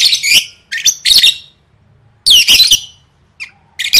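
Lovebird calls: several loud, shrill, rasping squawks with a long quiet gap between them and a brief thin chirp near the end.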